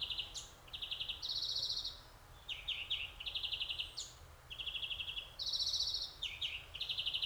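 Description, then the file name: European greenfinch delivering a steady series of fast pulsed trills, shifting up and down in pitch, with short sharp notes between phrases. "Chloris chloris"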